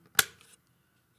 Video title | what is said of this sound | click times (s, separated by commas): IFLIGHT DEFENDER - DJI AVATA KILLER - I WANT ONE | You heard that snap right on there. | 0.2 s